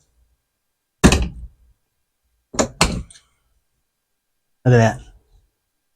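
On a 1966 Chevy C10 truck, the gas pedal is pulled off its two ball studs on the floor/firewall instead of being unbolted, as part of removing the floor mat. Sharp thunks ring out as it snaps off the studs at about 1.0 s and 2.8 s, and a third loud burst follows near 4.7 s. Afterward someone talks, and the pedal is released.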